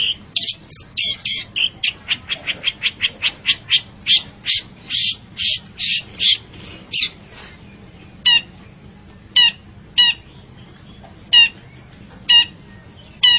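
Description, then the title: Long-tailed shrike song: a fast run of scratchy, chattering notes for about seven seconds, then sharp, clipped notes repeated roughly once a second, over a low background hum. Bird described as gacor, singing actively and frequently. "Cendet Gacor"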